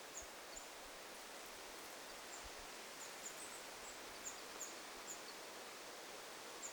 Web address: paivat 24 8 2026 tuollaisia yhdysaania nuorilla talitiaisilla